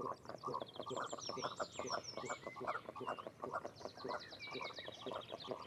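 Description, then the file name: Goosander giving low, rapid pulsed croaking notes repeated in quick runs, with small birds chirping and trilling high above throughout. Recorded close to the bird. "Digiffects Sound Effects Library - Close Goosander Bird"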